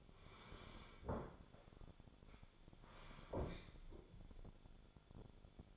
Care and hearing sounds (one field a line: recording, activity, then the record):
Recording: daily activity, microphone in the room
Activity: sit down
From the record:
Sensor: 5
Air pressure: 1015.3 hPa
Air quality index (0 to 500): 184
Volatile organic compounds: 7 ppm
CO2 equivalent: 1994 ppm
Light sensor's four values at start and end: 36/82/33/32 and 36/82/33/32